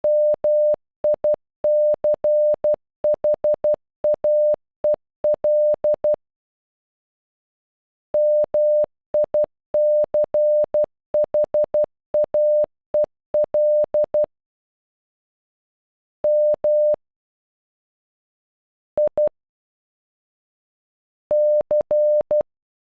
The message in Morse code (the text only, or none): MICHAEL MICHAEL M I C